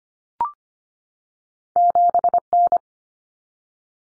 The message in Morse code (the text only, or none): 7N